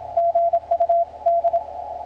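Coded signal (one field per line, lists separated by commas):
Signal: Morse code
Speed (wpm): 27 wpm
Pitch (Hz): 680 Hz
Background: radio noise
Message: GU D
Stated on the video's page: CW contact on 14.007 kHz between a station and a mobile station.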